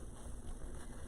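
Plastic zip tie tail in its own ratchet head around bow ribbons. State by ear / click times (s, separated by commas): not seated / none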